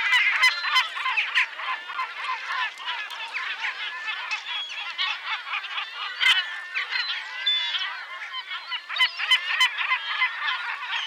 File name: Goéland leucophée (Larus michahellis) - Cris et chants